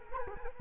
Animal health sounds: mosquito wingbeat signal from an infrared sensor; Culex quinquefasciatus

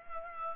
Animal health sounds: mosquito wingbeat signal from an infrared sensor; Culex pipiens

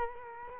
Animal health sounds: mosquito wingbeat signal from an infrared sensor; Culex quinquefasciatus

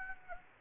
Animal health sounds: mosquito wingbeat signal from an infrared sensor; Aedes aegypti

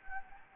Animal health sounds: mosquito wingbeat signal from an infrared sensor; Anopheles gambiae

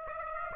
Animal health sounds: mosquito wingbeat signal from an infrared sensor; Aedes aegypti

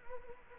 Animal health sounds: mosquito wingbeat signal from an infrared sensor; Culex quinquefasciatus

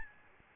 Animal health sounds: mosquito wingbeat signal from an infrared sensor; Aedes albopictus

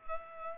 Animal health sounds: mosquito wingbeat signal from an infrared sensor; Culex pipiens

